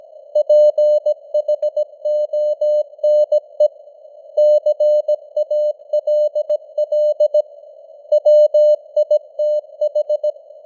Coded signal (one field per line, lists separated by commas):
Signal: Morse code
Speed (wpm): 17 wpm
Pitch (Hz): 600 Hz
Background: none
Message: PHONE CALL WITH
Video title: Morse Code News | 2025-11-23 | 17wpm